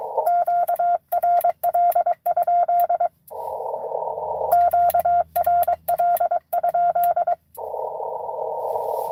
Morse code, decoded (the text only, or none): QRL? QRL?